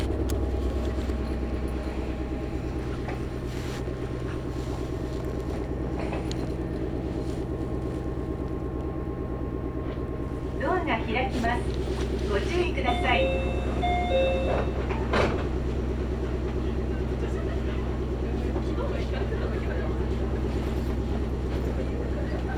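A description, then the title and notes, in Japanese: Inside a Meitetsu Mikawa Line train, a steady low rumble of running carries throughout, with bursts of passengers' voices and clatter between ten and fifteen seconds. 名古屋鉄道 三河線（海線）碧南→知立。通学ラッシュになってました。２両編成ですが、１つ目の碧南中央からどんどん乗車してきます。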